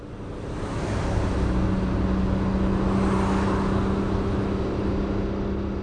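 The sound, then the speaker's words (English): A car loaded with a suitcase pulls away in the early-morning dark at 6 on a Saturday and keeps driving, its engine settling into a steady low hum under a broad wash of road and wind noise that swells in over the first second. “It was still dark when I put my suitcase in the car and drove off.”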